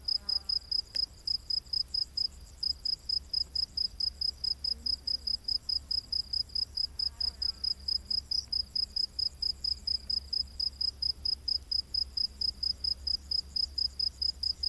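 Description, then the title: Cricket chirping steadily in quick high pulses, pausing briefly near the start, with a fainter pulsing insect chorus and a few faint clicks. Diverse crickets chorusing at night in humid, lush rainforest. "Crickets of the Rainforest 🌿. Exotic Insect Orchestra"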